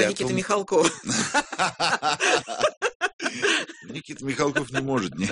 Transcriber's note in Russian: смеются